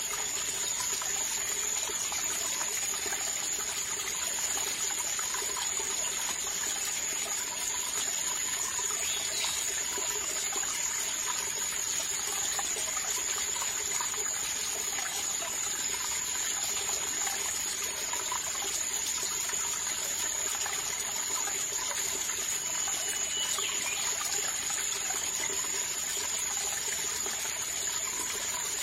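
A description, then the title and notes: A mountain stream runs in a steady, dense wash of water, with soft trickling and rain-like patter spread evenly across the whole stretch. The sound stays constant, brighter than deep, with a faint thin high tone held throughout. Cheerful raindrops hit the bamboo and the mountain stream is soft and heart-warming.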